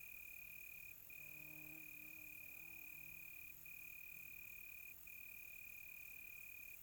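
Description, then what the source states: Crickets trilling continuously at high pitch with a few brief pauses; a low droning sound is heard briefly in the first few seconds. Crickets on a quiet tropical night, recorded close.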